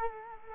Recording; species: mosquito wingbeat signal from an infrared sensor; Culex quinquefasciatus